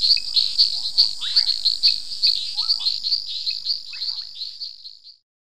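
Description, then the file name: Long-nosed reed frog calls: rapid high-pitched ticking chirps, with occasional lower notes, growing weaker and stopping shortly before the end. "Hyperolius nasutus"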